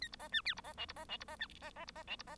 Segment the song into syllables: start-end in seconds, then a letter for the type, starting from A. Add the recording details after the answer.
0.01-0.08 A, 0.12-0.16 B, 0.19-0.28 C, 0.32-0.41 D, 0.45-0.54 E, 0.56-0.61 B, 0.64-0.73 C, 0.77-0.85 F, 0.88-0.93 B, 0.96-1.05 C, 1.09-1.17 F, 1.20-1.24 B, 1.28-1.36 C, 1.39-1.47 D, 1.61-1.71 C, 1.75-1.85 C, 1.87-1.91 B, 1.95-2.03 C, 2.07-2.16 F, 2.19-2.23 B, 2.27-2.35 C. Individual Bird1